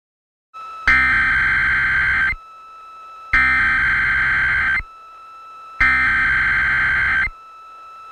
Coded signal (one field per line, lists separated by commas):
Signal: Emergency Alert System (SAME) tones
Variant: header bursts